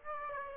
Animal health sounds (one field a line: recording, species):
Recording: mosquito wingbeat signal from an infrared sensor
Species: Aedes aegypti